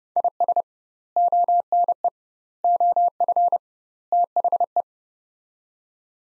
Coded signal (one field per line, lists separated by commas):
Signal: Morse code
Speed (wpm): 30 wpm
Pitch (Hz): 700 Hz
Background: none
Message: IS ONE OF THE